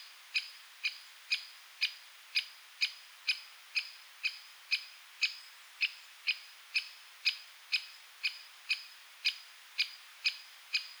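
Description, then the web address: Great spotted woodpecker repeating bright, clipped 'kik' notes about twice a second, a long even run with no other sounds. "Aktivitetsbanken. Fuglelyder Flaggspett"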